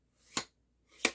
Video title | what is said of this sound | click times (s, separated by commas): Umarex HDR68 Toursekev Delta M68 Carbine Review and Assembly | Locks down, nice clicks. | 0.4 s, 1.0 s